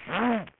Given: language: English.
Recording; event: throat vibration sensor signal played as sound; throat clearing